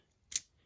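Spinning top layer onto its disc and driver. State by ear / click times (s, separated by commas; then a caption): partly seated / 0.4 s. A plastic layer of a Beyblade Burst Pro Series Orb engaard spinning top is twisted against its disc and driver to count the burst-resistance teeth. One sharp, bright plastic click sounds at 0.4 s and fades quickly. The layer clicks one tooth tighter.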